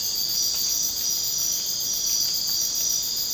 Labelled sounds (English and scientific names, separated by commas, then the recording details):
none
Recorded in secondary vegetation near Puerto Asís, Putumayo, Colombia, on 27 June 2025 at 01:00
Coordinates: 0.484, -76.319
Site G074